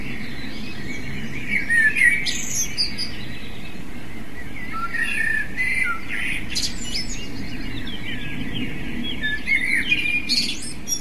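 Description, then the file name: Eurasian blackbird song: low, rich warbling phrases that break into scratchy high notes, delivered in separate bursts over a constant low hum. "merle"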